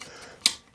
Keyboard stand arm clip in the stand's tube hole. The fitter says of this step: to get it to unclick.